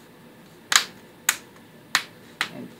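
Fingers run from the bottom to the top of the plastic screen bezel on an ASUS X501A laptop, pinching it so its plastic clips snap into the display lid one after another. After a first sharp snap at 0.8 s, distinct clicks come at 1.3 s, 2.0 s and 2.4 s against a quiet background, and the bezel clips are seated along the edge.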